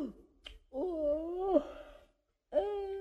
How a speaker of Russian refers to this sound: Смотри, Миша, как сладко зевает.